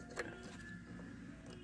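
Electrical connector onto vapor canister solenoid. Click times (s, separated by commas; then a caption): 0.2 s. An electrical connector is pushed onto the vapor canister purge solenoid of a 2010 Ford Fusion, with its locking tab facing outward. A sharp snap at 0.2 s is heard over a steady low hum with faint tonal bands. The connector seats and locks so it won't come up.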